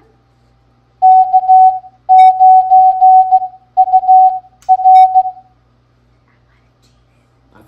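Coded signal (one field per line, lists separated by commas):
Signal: Morse code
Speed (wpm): 16 wpm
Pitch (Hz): 750 Hz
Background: none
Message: K9UR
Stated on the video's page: Morse practice game of callsigns sent at 13 wpm.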